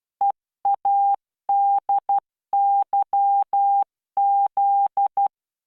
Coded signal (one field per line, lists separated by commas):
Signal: Morse code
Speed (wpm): 12 wpm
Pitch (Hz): 800 Hz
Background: none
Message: EADYZ